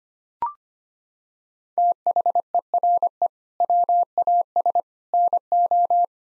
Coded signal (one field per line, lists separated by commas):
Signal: Morse code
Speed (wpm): 25 wpm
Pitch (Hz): 700 Hz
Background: none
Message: THERE WAS NO